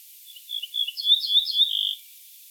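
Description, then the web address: Ortolan bunting singing a quick series of high, clear notes that cluster mid-phrase, then ends on a sustained lower note; nothing else audible. "emberiza hortulana call"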